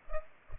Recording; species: mosquito wingbeat signal from an infrared sensor; Culex pipiens